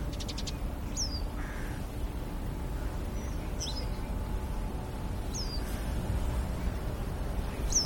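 Western yellow wagtail uttering sharp, high, falling call notes about every two seconds, with a brief burst of clicks at the start and constant low background rumble.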